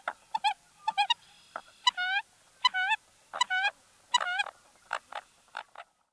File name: American Coot